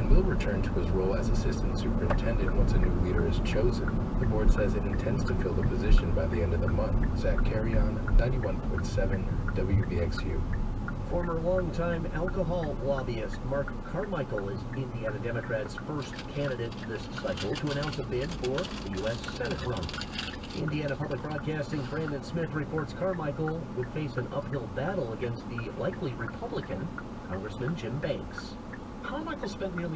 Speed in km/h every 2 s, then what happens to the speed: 44, 42, 37, 31, 23, 11, 0, 0, 0, 0, 0, 0, 0, 0, 0.
0-12 brakes to 0. 12-30 standing.